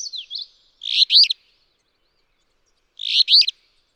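Alder flycatcher giving two coarse, buzzy two-part songs about two seconds apart, preceded by brief high slurred notes.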